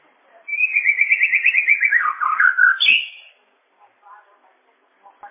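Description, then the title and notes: A bird gives a rapid rattling trill that flows into a descending warble and a high whistle, followed by faint quiet notes. "Bird Sound. Kicau Burung Lengkap"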